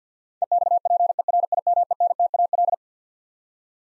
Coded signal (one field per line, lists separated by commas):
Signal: Morse code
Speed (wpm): 50 wpm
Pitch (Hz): 700 Hz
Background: none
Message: EXPERIMENTAL